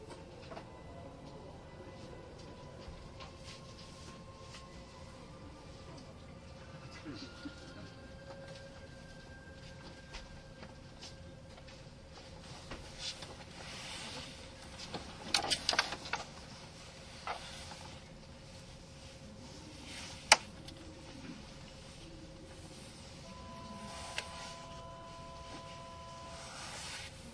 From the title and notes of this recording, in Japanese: 近鉄80000系 (10番台日立製)ひのとり3113レ 01/01:近鉄名古屋～五十鈴川。Vehicles in the 10th series are equipped with Hitachi equipment in the control device and traction motor.